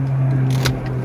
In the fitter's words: and you just wiggle it a bit and it snaps into place and now that's in position